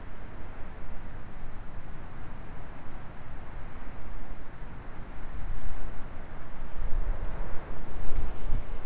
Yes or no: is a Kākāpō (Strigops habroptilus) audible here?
no